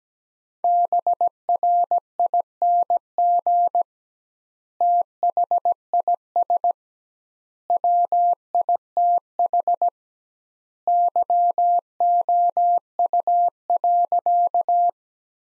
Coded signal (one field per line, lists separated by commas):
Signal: Morse code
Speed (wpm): 17 wpm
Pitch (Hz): 700 Hz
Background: none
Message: BRING THIS WITH YOU.